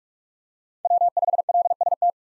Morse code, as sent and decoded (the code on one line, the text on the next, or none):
.-- ..... .-.. ... -
W5LST